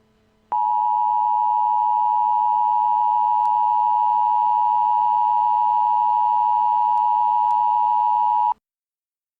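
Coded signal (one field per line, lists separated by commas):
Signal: Emergency Alert System (SAME) tones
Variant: 853 and 960 Hz attention tone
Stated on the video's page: Fictional EAS scenario about aliens coming to Earth.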